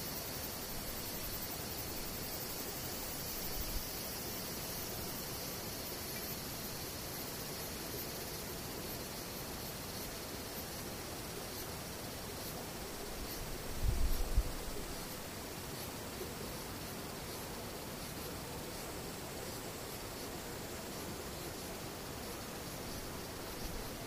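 Cicadas drone in a steady, dense hiss with faint rapid pulsing up high, broken by a soft bump near 4 seconds and a louder one near 14.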